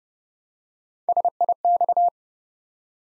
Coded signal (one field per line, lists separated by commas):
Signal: Morse code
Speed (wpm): 30 wpm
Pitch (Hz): 700 Hz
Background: none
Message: SIX